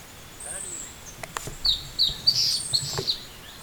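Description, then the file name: Bird calls: a rapid string of bright, high chirps in the middle, mixed with faint clicks and knocks and a thin high whistle at the start. "SABIOD 50 bird 2015"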